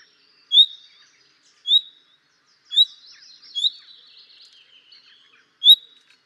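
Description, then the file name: Common nightingale gives a series of sharp, rising whistles. A short burst of rapid twittering song comes midway between them. "Luscinia megarhynchos"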